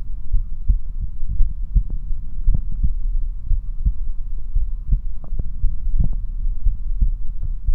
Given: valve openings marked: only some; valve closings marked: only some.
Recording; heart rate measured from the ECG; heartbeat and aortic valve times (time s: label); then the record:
heart sounds by stethoscope; 57 bpm
0.35 s: heartbeat (ECG mark)
0.45 s: aortic valve opens (echo mark)
0.72 s: aortic valve closes (echo mark)
1.41 s: heartbeat (ECG mark)
1.50 s: aortic valve opens (echo mark)
1.79 s: aortic valve closes (echo mark)
2.49 s: heartbeat (ECG mark)
2.58 s: aortic valve opens (echo mark)
2.85 s: aortic valve closes (echo mark)
3.52 s: heartbeat (ECG mark)
3.61 s: aortic valve opens (echo mark)
3.90 s: aortic valve closes (echo mark)
4.58 s: heartbeat (ECG mark)
4.68 s: aortic valve opens (echo mark)
4.95 s: aortic valve closes (echo mark)
5.65 s: heartbeat (ECG mark)
5.75 s: aortic valve opens (echo mark)
6.03 s: aortic valve closes (echo mark)
6.67 s: heartbeat (ECG mark)
6.78 s: aortic valve opens (echo mark)
7.70 s: heartbeat (ECG mark)
From the record:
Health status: healthy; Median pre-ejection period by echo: 98 ms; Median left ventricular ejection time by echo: 278 ms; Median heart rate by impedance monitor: 56 bpm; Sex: male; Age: 20 years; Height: 178 cm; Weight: 77 kg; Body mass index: 24.30